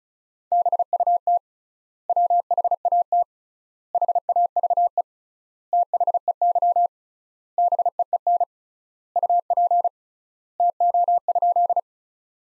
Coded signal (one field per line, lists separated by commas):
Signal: Morse code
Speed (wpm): 36 wpm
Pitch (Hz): 700 Hz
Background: none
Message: BUT WHAT HAVE THEY BEEN UP TO?